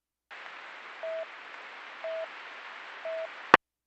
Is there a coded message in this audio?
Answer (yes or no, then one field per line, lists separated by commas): no